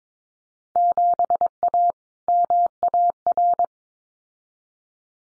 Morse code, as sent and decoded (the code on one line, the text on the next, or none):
--... .- / -- .- .-.
7A MAR